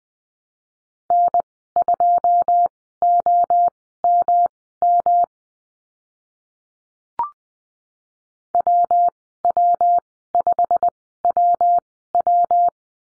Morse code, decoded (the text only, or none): N2OMM WW5WW